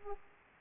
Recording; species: mosquito wingbeat signal from an infrared sensor; Aedes aegypti